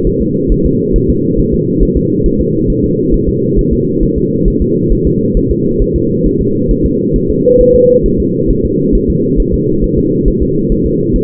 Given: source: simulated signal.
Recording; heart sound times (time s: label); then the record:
fetal heart sounds
0.07 s: S1
0.22 s: S2
0.52 s: S1
0.66 s: S2
0.96 s: S1
1.10 s: S2
1.39 s: S1
1.54 s: S2
1.83 s: S1
1.97 s: S2
2.26 s: S1
2.41 s: S2
2.70 s: S1
2.84 s: S2
3.14 s: S1
3.29 s: S2
3.59 s: S1
3.73 s: S2
4.03 s: S1
4.18 s: S2
4.48 s: S1
4.62 s: S2
4.92 s: S1
5.07 s: S2
5.37 s: S1
5.51 s: S2
5.82 s: S1
5.96 s: S2
6.27 s: S1
6.41 s: S2
6.71 s: S1
6.86 s: S2
7.16 s: S1
7.31 s: S2
7.61 s: S1
7.75 s: S2
8.06 s: S1
8.20 s: S2
8.51 s: S1
8.65 s: S2
8.95 s: S1
9.10 s: S2
9.40 s: S1
9.54 s: S2
9.84 s: S1
9.98 s: S2
10.28 s: S1
10.42 s: S2
10.72 s: S1
10.86 s: S2
11.16 s: S1
From the record:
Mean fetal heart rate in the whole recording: 135 bpm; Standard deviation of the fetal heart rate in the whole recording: 3 bpm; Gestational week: 36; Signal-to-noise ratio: -11.2 dB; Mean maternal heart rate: 72 bpm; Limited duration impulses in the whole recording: present